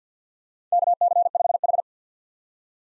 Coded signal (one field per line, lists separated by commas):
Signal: Morse code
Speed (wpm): 50 wpm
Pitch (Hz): 700 Hz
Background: none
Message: KC5H